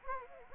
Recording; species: mosquito wingbeat signal from an infrared sensor; Anopheles gambiae